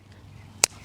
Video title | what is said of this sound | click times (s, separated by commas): Flowerbed Expansion & Drip Irrigation Made Easy - My Carolina Garden | right into the hole. Snapped right in place. | 0.6 s